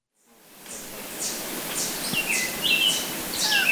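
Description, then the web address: Bar-winged wood-wren song: quick whistled phrases sliding downward, repeated several times over a noisy background. Recorded in Ecuador. "S America Birds of Ecuador. Bar-winged Wood-Wren"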